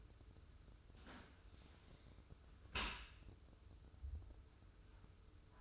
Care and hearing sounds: daily activity, microphone in the room; close dishwasher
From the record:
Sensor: 2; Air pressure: 995.6 hPa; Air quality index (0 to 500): 96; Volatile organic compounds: 5 ppm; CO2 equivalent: 1771 ppm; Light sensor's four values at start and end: 25/80/32/30 and 25/80/32/30

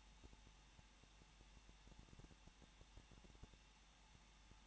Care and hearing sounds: daily activity, microphone in the room; no activity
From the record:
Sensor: 1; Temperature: 20.1 degrees Celsius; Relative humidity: 39.4%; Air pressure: 1006.4 hPa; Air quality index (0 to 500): 219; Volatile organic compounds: 81 ppm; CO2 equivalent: 3616 ppm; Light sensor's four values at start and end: 1/2/1/1 and 1/2/1/1

